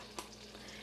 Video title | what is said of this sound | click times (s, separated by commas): Anna Marie's Euro Kitchen - Episode 6 - 2016 | it snaps right in and that'll | 0.2 s